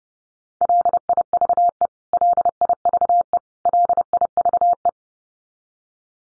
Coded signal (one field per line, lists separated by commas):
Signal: Morse code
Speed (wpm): 30 wpm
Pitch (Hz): 700 Hz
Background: none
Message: LIVE LIVE LIVE